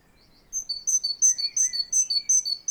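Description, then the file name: Great tit giving quick, piercing two-note phrases that alternate high and low in steady rhythm, with a softer lower call briefly beneath. "Parus major"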